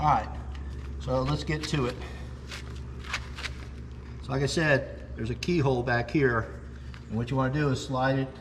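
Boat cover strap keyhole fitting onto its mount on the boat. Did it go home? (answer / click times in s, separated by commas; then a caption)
no / none. Someone talks while handling the keyhole slot on the strap end of a Ranger RT188P boat cover, getting ready to slide it onto its mounting point at the back of the boat. A steady low hum runs underneath, with a brief sharp sound at about 3.1 s. Nothing has seated or locked in place yet.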